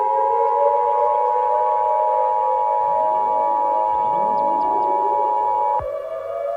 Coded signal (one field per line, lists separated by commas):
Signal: Emergency Alert System (SAME) tones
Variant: 853 and 960 Hz attention tone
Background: music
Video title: eas scenario: A Quiet Place